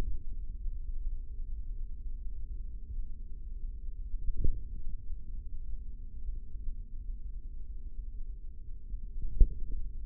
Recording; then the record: forearm muscle sounds (acoustic myography)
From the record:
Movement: tripod grip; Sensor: system 3, bracelet of six PUI Audio POM-2738L microphones around the upper forearm, with dedicated amplification and filtering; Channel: 2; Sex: male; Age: 55 years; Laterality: right